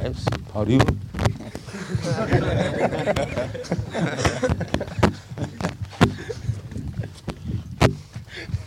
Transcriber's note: laughter